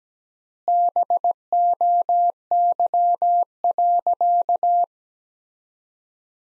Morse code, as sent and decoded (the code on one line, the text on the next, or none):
-... --- -.-- .-.-.-
BOY.